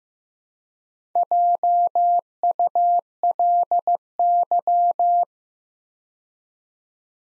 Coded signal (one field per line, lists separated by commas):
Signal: Morse code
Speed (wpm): 15 wpm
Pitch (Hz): 700 Hz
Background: none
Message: JULY